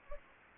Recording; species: mosquito wingbeat signal from an infrared sensor; Anopheles gambiae